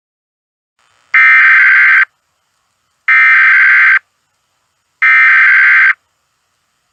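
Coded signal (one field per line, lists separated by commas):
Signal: Emergency Alert System (SAME) tones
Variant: header bursts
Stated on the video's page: Fictional scenario alert; tones may be valid.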